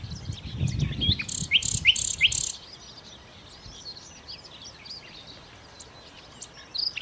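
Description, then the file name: Common nightingale phrase of three sharp, rising whistles with dry buzzy pulses, then soft chirping in the background. "Nachtigall"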